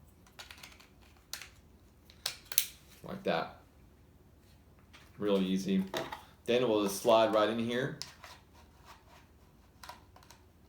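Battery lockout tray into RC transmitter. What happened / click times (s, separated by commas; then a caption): The tray is being handled and slid in, not yet seated / none. A plastic battery lockout tray is handled and slid toward a handheld Turbo Racing 91803G-VT 3-channel 2.4 GHz RC radio transmitter, with light taps and plastic knocks around 1.3 s and 2.3–2.6 s and quieter ones near 9.8 s and 10.3 s while someone talks. The clip ends before the tray goes home, so nothing has seated or clicked yet.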